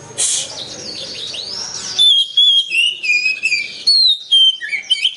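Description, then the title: Oriental magpie-robin song: after a hiss, a flowing series of clear, drawn-out whistles that slide up and down, mixed with faint high chips. "Kacer"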